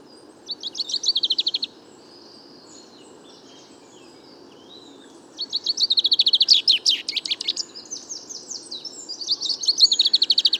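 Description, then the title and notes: Common chaffinch song: three lively trilled phrases, the first short, then two longer chattering runs after a long pause. Bois de Vincennes, France, 16 February 2019; first song of the year; fine weather; song confused, weaker than typical, small babbles; courtship song towards nearby females; Nagra Seven, Wiltronic parabola, mono. "Premier Pinson des arbres 2019. Bois de Vincennes - 16 février 2019-Nagra seven - Parabole Wiltronic mono: mon premier chant de Pinson des arbres (Fringilla coelebs) enregistré en 2019"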